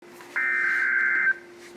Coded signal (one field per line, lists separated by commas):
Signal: Emergency Alert System (SAME) tones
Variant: header bursts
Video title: Flash Flood Warning on KEC55 (EAS #1125)